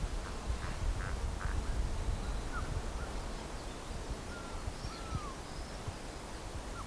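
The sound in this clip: Bird calls: a few short notes at first, then scattered thin whistles that rise or fall, and some fainter higher chirps, all over steady low background noise.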